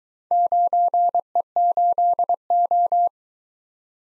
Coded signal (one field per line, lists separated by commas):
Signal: Morse code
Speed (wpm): 22 wpm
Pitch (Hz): 700 Hz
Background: none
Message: 9E8O